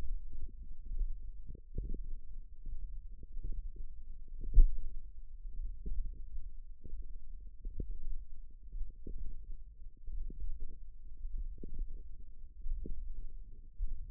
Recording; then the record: forearm muscle sounds (acoustic myography)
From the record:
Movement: thumb flexion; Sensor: system 1, eight BSWA MPA416 microphones around the upper forearm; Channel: 6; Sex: female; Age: 20 years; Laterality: right